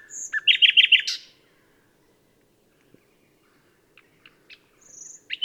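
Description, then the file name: Common nightingale song burst of rapid rattling notes lasting about a second, followed by near silence with a few faint ticks and a thin high whistle. "Luscinia megarhynchos"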